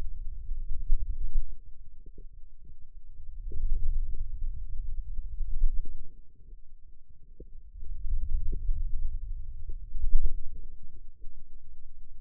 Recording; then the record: forearm muscle sounds (acoustic myography)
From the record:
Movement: wrist extension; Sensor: system 2, bracelet of six BSWA MPA416 microphones around the upper forearm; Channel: 1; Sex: male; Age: 22 years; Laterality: right